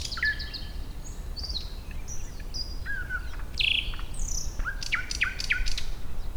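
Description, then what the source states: Thrush nightingale singing: several clear whistled notes, then a loud rattling burst and a series of repeated clicking notes, with faint low rumble underneath. Recorded at Warta, Poland, in April 2010.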